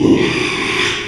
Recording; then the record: squeal of a Yucatan mini pig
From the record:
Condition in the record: after surgery on the right vocal fold (resection and tissue-engineered implant); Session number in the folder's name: 1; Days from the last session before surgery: 6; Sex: male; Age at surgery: 12 weeks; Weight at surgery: 13 kg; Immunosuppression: cyclosporine, prednisolone